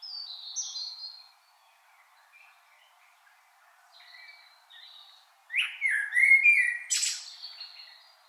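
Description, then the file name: Common blackbird: a few high thin notes, a quiet pause with faint notes, then a loud warbled phrase of slurred whistles with a sharp high twitter near its end. "Turdus merula"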